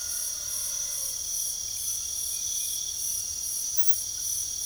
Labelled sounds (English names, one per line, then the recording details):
none
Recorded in pastures near Puerto Asís, Putumayo, Colombia, on 9 March 2025 at 03:00
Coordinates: 0.497, -76.327
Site G072